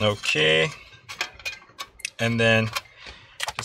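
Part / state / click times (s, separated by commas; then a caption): laptop bottom cover clips into the laptop chassis / seated / 3.4 s, 3.6 s. Someone talks while the aluminium bottom cover of a MacBook Air A2337, being repaired for a cracked screen, is aligned and pressed down in the middle onto the laptop chassis, with small taps and rattles along the way. Two sharp little clicks at 3.4 s and 3.6 s mark the cover's clips snapping in, and the cover is seated.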